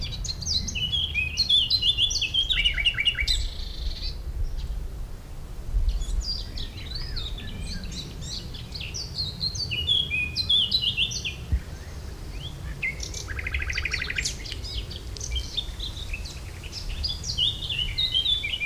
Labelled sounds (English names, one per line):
Eurasian Blackcap song